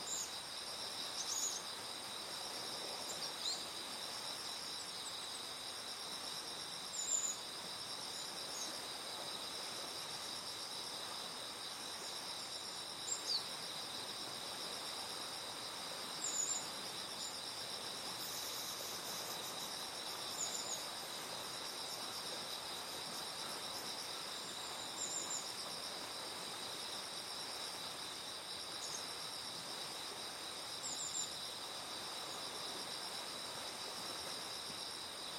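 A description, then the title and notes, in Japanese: Forest ambience by a river: a steady wash of flowing water fills the background while insects keep up a continuous high, even trill. Short bird chirps break through every few seconds, at about 7, 13, 16, 20, 25 and 31 seconds. 早朝、多摩川の森へ 小さい秋を探しに。朝方、だいぶ気温が下がって涼しくなり、季節の移り変わりを感じる今日このごろ。多摩川の森の音も、だんだんと変わってきました。川の流れ、鳥や虫の歌声。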